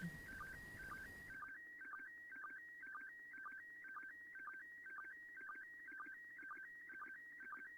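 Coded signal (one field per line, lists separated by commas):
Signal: SSTV (slow-scan television)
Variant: PD 120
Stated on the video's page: SSTV images received from the International Space Station.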